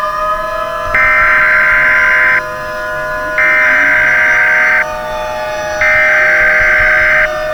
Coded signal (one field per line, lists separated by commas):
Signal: Emergency Alert System (SAME) tones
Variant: header bursts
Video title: EAS Scenario - The Hypercell